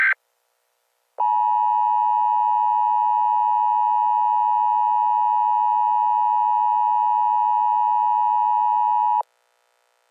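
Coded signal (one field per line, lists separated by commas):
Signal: Emergency Alert System (SAME) tones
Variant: 853 and 960 Hz attention tone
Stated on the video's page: Required Weekly Test.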